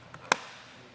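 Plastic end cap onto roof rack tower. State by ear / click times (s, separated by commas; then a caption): seated / 0.3 s. A plastic end cap is fitted onto the front of a Yakima JetStream roof rack tower on a 2022 Mazda CX-9. A faint tap at 0.1 s is followed by a sharp, bright snap at 0.3 s as the cap seats into place.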